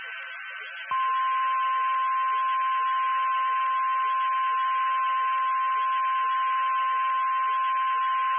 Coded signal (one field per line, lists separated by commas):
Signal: Emergency Alert System (SAME) tones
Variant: 1050 Hz attention tone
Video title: EAS Mock: SVR for Cleveland.